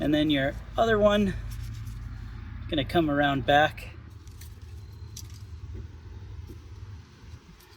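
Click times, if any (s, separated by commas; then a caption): 5.2 s. Someone talks while the rear brake pad wear sensor's wiring connector on an Alfa Romeo Stelvio is pushed into its harness plug in the caliper area, with small handling noises following. A sharp click at 5.2 s marks the connector seating into place.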